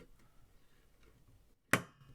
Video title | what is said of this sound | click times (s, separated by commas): Bitmain Antminer cleaning and thermal paste replacement , ant miner z15 disassembled | there's the click then i put a bit in | 1.7 s